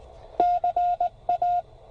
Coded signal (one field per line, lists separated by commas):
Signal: Morse code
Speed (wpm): 19 wpm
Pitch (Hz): 720 Hz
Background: none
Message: CA